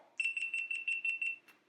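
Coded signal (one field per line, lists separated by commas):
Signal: beep code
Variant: GoPro Hero8 camera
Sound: seven quick, high-pitched chirping beeps run together, then a faint click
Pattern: 7 short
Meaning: Turn-off command registered; the camera is powering down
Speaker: when you turn it off it will be followed by seven beeps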